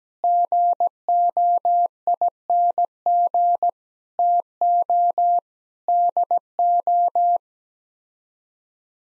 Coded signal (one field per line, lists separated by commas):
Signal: Morse code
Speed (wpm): 17 wpm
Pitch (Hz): 700 Hz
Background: none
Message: GOING TO DO